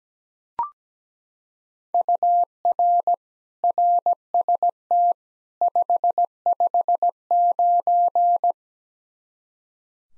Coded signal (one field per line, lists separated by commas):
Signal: Morse code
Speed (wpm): 17 wpm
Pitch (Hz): 700 Hz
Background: none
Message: UR RST 559